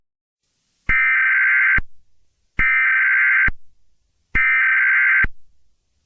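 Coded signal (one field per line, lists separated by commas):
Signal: Emergency Alert System (SAME) tones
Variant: header bursts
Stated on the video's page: Fictional EAS scenario based on a horror game, simulated alert with jumpscares.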